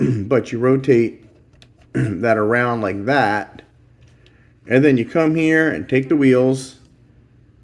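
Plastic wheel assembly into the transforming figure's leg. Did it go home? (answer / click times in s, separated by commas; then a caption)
no / none. A man talks while handling the plastic wheel assembly of a transforming action figure, moving it into position on the figure's leg during its change into a truck, with faint small handling sounds around 4.0 and 4.3 seconds. The clip ends before the wheels go home, and nothing has seated or clicked into place yet.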